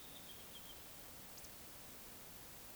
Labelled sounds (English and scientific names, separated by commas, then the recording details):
Eurasian Woodcock (Scolopax rusticola) whistle
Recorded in Baden-Württemberg, Germany, on 20 May 2021 at 19:44 UTC
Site 24606, 635 m above sea level